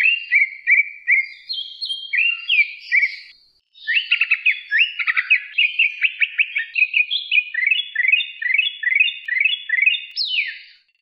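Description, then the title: Leafbird singing a rich, varied run of chirps, slurred whistles and rapid repeated notes, with one short pause partway through. "CUCAK IJO"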